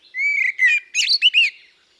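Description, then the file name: Common blackbird song: a fluty whistled phrase followed by a quick burst of higher squeaky twittering notes. "Turdus merula"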